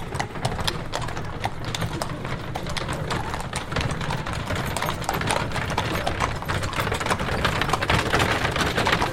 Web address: Hollywood Edge Historical Series Horses Carriages and Traps Horse Drawn Carriage By